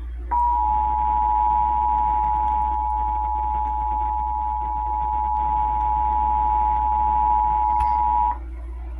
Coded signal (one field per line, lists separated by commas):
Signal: Emergency Alert System (SAME) tones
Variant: 853 and 960 Hz attention tone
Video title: Child Abduction Emergency on NJPBS (EAS #144)